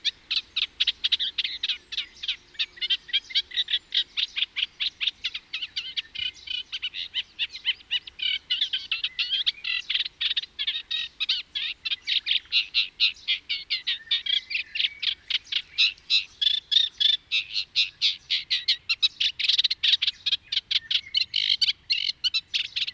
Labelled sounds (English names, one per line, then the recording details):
Eurasian Reed Warbler song
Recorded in the wild
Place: Kühkopf, Hessen, DE
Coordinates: 49.8242, 8.44944
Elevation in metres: 85
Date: 1975-06-01
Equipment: Nagra IV, Sennheiser MKH 405, Parabolreflektor
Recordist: Tretzel, Erwin